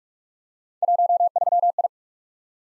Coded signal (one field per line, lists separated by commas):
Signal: Morse code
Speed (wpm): 44 wpm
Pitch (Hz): 700 Hz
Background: none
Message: 13I